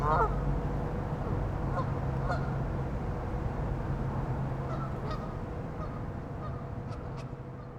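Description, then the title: Goose: a sharp honk at the start, followed by scattered softer honks fading out, against a low continuous rumble and hum. "neoscenes: geese"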